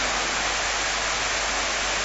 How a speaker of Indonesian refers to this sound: Enggak kedengaran ya? Jelas enggak suaranya, hujan deras? Terdengar jelas apa enggak? Enggak jelas. Enggak jelas. Nah, karena hujan sehingga sulit untuk didengar dengan baik suara penjelasan ya.